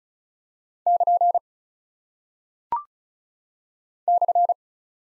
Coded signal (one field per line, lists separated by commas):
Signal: Morse code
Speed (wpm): 36 wpm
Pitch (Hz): 700 Hz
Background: none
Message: <KN> /